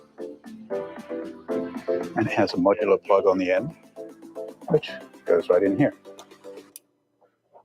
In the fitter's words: good little click right there now